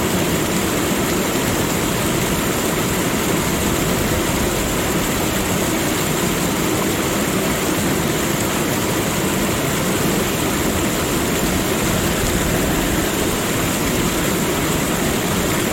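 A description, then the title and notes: A waterfall roars without pause, a thick, unbroken wash of rushing water that holds the same loudness from start to finish. The sound is full, weighted toward a deep churning rumble, with a thin hiss of spray riding above it. 1 Hour of Waterfall Sounds for a Deep Sleep.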